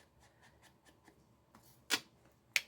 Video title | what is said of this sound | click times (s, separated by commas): Fun #TagtasticTuesday A Comedy of Errors | Okay, there we go. And I love that little click that the magnet makes. | 2.6 s